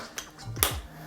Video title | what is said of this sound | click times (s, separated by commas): Edelkrone Pan Pro for the JibONE Review | you can just push down and it locks into | 0.6 s